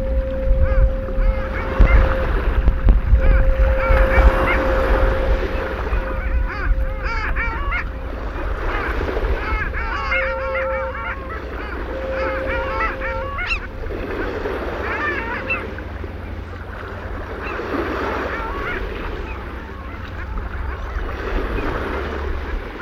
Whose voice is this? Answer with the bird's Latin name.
Clangula hyemalis